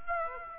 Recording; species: mosquito wingbeat signal from an infrared sensor; Aedes aegypti